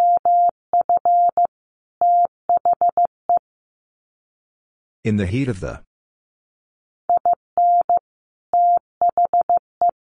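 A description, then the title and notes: Morse code tapped out as a steady single-pitched tone, with short and long beeps in quick bursts through the first three and a half seconds and again from about seven seconds to the end. In the silent gap near five seconds, a brief spoken word is heard. Sets of 5 Words Encore2 15wpm. First, the words are sent in Morse code. Then it is spoken. Finally, it is sent again in Morse code.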